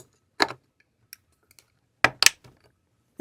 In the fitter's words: it's in it didn't click quite as satisfyingly and actually I'm noticing that